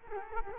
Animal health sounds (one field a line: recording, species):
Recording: mosquito wingbeat signal from an infrared sensor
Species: Culex quinquefasciatus